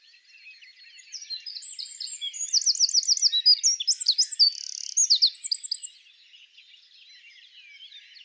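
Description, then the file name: Eurasian wren song, a rush of high piercing notes and quick trills, softer at first and then loud for several seconds, with faint bird twittering behind. "Troglodytes troglodytes"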